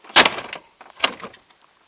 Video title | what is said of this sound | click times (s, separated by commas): 1971 Lincoln Continental Mark III Virtual Tour Part I | doesn't doesn't latch properly and | none